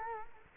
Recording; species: mosquito wingbeat signal from an infrared sensor; Culex quinquefasciatus